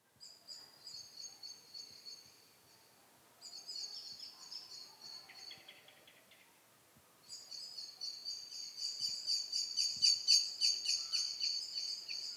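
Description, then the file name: Eurasian blackbird giving repeated runs of quick metallic clicking notes in separate bouts, the last bout louder and longer, with light background noise. "Turdus merula"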